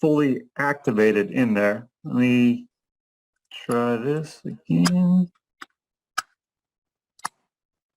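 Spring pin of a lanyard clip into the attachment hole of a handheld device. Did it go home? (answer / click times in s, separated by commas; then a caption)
yes / 6.2 s. Someone talks while pushing the spring-loaded pin of a lanyard clip into the attachment hole of a small plastic handheld device, retrying after it was pushed in but not into the hole itself. After the talking stops, a few faint ticks are heard, with a sharp click at 6.2 s as the spring pops out into the other side of the hole. The pin is seated, securing the lanyard clip to the device.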